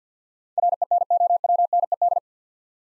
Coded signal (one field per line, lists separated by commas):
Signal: Morse code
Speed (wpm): 47 wpm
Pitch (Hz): 700 Hz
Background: none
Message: RENOWNED